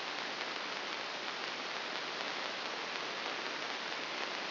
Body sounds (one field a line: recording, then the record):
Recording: brain microelectrode recording played as sound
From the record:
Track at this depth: inside the subthalamic nucleus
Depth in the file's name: 3.099 mm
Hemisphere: left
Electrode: 2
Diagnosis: Parkinson's disease